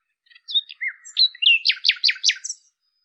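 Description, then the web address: Common nightingale song: sliding whistles and chirps, then a run of about five loud, evenly spaced repeated notes ending with a high note. "2025 Bird Lu Me"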